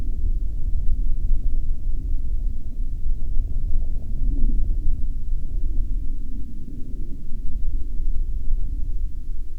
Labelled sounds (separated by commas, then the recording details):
aircraft
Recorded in the Arctic National Wildlife Refuge, Alaska, on 9 May 2019 at 17:39
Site 35